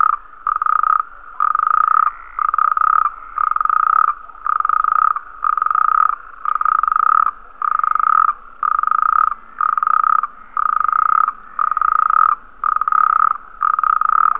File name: Sapo Corredor Bufo Calamita